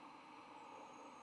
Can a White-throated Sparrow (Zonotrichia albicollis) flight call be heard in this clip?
no